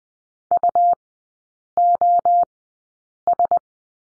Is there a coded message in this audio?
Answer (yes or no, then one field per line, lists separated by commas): yes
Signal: Morse code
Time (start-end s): 0.5-3.6 s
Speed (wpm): 20 wpm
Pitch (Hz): 700 Hz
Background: none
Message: UOS